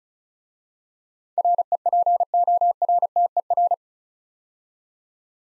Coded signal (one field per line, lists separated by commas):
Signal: Morse code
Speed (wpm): 34 wpm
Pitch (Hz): 700 Hz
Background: none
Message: REPORTER